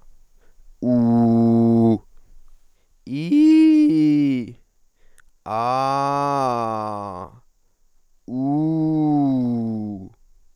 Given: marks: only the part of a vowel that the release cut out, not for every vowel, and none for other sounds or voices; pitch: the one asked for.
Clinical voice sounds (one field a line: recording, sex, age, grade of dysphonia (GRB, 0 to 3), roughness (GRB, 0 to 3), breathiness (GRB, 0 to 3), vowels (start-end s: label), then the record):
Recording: sustained vowels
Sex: male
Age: 20 to 29 years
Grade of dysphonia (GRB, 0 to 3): 0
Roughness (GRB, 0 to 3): 0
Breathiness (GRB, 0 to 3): 0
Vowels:
0.90-1.91 s: vowel /u/, low pitch
3.16-4.37 s: vowel /i/, low-high-low pitch
5.58-7.17 s: vowel /a/, low-high-low pitch
8.38-9.91 s: vowel /u/, low-high-low pitch
From the record:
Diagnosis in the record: healthy voice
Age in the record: 23 years